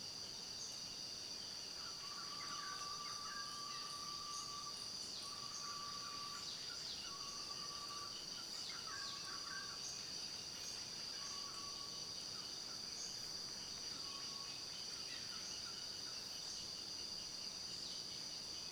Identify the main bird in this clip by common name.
White-spotted Flufftail